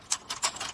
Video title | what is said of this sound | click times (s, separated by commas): Vamuz User Guide | you want to make sure you hear that click. Right there. | 0.1 s